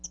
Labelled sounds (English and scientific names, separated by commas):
Hooded Warbler (Setophaga citrina) flight call